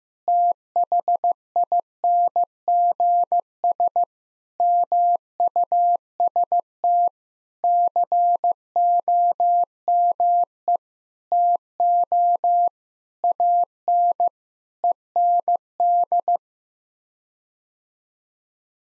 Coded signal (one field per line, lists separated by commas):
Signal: Morse code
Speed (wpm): 15 wpm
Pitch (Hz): 700 Hz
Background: none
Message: THINGS MUST COME TO AN END